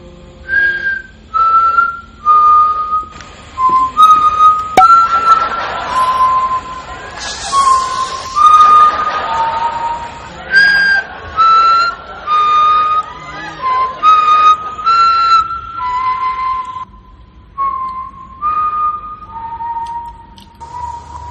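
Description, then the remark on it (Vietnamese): Someone whistles the Vietnamese folk tune "Bắt kim thang", a series of clear, pure notes stepping up and down in pitch with brief pauses between phrases, steady and fairly loud against faint background noise. “Trời ơi, biết hít sáo đúng bài ghê.”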